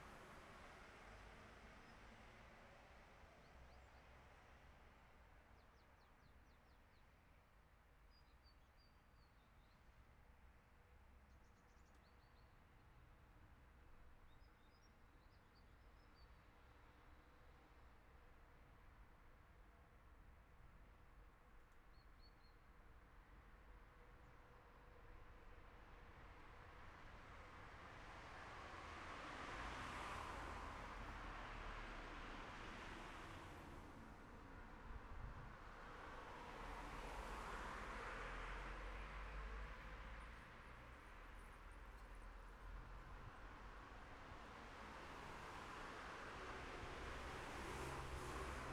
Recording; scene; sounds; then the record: everyday scene through a hearing-aid microphone; in traffic; traffic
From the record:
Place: city secondary road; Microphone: behind the ear, left, front